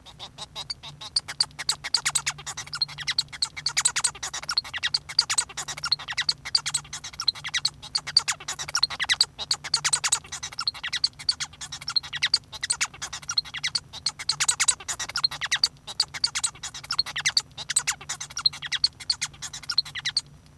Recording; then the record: song of a male Bengalese finch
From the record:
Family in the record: son of father 1